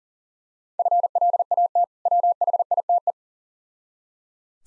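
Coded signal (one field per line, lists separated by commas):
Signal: Morse code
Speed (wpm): 38 wpm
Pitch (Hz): 700 Hz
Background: none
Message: FLAT WHITE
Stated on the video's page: Contextual-priming practice set of difficult words with hints, sent at 40 wpm.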